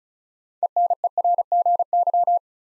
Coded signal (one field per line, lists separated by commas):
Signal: Morse code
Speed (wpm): 36 wpm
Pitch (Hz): 700 Hz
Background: none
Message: ENERGY